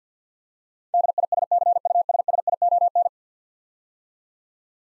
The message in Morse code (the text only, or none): DISCUSSION